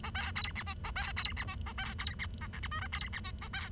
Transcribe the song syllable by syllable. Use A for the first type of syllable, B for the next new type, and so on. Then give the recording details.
A B C D E A B C D E A B C D F G H I J C D E A B. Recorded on 23 June 2012 at 08:36. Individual gr41rd51